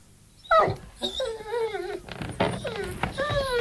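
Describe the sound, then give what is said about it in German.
A large dog whimpers and whines in a series of high, wavering, nasal cries, several short plaintive moans rising and falling in pitch, fairly loud, with no talking. “Oh, das ist ja ein riesiges Hundevieh.”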